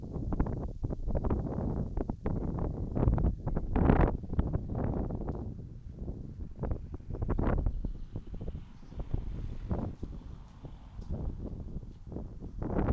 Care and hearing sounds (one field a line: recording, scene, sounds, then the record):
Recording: everyday scene through a hearing-aid microphone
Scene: wind on the microphone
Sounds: wind, traffic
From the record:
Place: in front of a rural house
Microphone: in the ear canal, right